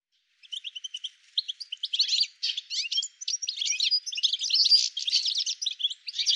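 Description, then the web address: Bird calls begin as sparse thin chirps, then swell into a fast, crowded chatter of high, scratchy notes that continues to the end. "cianscape birddata"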